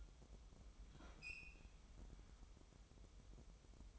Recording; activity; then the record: daily activity, microphone in the room; open fridge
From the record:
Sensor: 1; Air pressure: 988.5 hPa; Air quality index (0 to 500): 198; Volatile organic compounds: 1000 ppm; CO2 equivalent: 5299 ppm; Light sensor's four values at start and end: 26/97/37/38 and 26/97/36/38